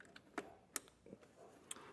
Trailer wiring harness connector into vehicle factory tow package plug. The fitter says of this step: and grab our harness here and get this snapped into place.